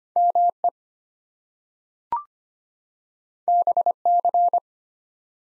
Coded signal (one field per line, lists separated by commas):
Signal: Morse code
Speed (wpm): 25 wpm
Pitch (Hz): 700 Hz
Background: none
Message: ME BC